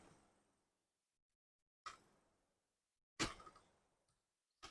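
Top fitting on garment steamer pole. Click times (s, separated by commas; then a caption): 4.6 s. A plastic top piece is fitted onto the top of an Angeleno garment steamer pole at its two mounting points, with handling knocks and scrapes around 1.8 s and 3.2 s. It clicks into place and locks at 4.6 s.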